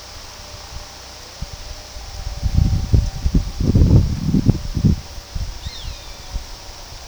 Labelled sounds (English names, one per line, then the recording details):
Roadside Hawk
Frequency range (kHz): Roadside Hawk 1.1-8.2 kHz
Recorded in pastures near Puerto Asís, Putumayo, Colombia, on 21 February 2024 at 11:30
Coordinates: 0.486, -76.323
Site G6462